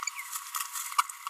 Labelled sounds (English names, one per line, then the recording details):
Green-rumped Parrotlet babbling
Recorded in a nest box in Venezuela
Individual 18B25A3